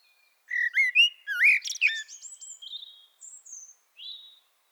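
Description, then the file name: Common blackbird sings a loud burst of mellow whistles and squeaky twitters that fades into softer, thin, high drawn-out notes. "Turdus merula"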